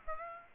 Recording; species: mosquito wingbeat signal from an infrared sensor; Aedes aegypti